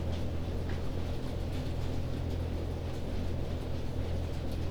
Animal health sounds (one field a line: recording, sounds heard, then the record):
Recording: poultry house recording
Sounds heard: no chicken sound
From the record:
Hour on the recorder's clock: 22